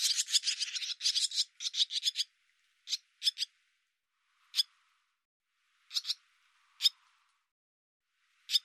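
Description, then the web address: Barn swallow giving sharp, clipped notes, first in a fast stuttering run for about two seconds, then single and paired notes spaced out over the rest. "cianscape birddata Deverinetal 2025 Bird Hi Ru"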